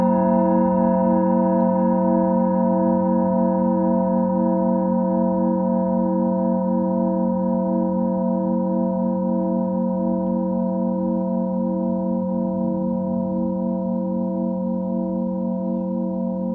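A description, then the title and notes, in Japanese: A Tibetan singing bowl rings steadily with a warm low hum and several clear, even overtones held throughout. The tone pulses in a slow, regular wobble, and the loudness fades only slightly over the seventeen seconds. チベタンシンギングボウルサウンドヒーリング。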